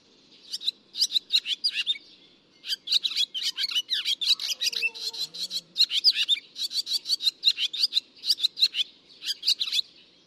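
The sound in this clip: Barn swallow twittering almost without pause, fast repeated chirps and warbled notes, with a soft low hum beneath.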